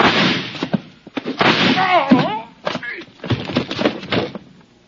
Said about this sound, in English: The door slammed. Carson whirled. And I knocked the lamp off the table.